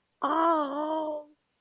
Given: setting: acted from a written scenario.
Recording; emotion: vocal sound without words; positive surprise